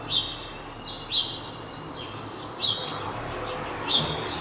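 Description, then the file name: House sparrow chirps, four loud cheeping bursts separated by pauses. "Passer domesticus"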